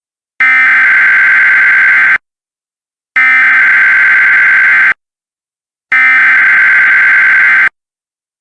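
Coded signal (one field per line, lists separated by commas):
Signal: Emergency Alert System (SAME) tones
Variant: header bursts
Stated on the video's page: Fictional EAS scenario.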